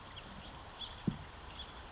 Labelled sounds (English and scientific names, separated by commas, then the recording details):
House Finch (Haemorhous mexicanus)
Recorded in Sonoma County, California